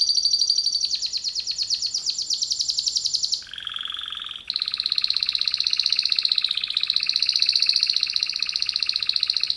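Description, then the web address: Canary song with a fast high trill, a brief lower rattling phrase, then a long steady rolling trill of rapid repeated notes. Male canary. "kenar businka canto kenar"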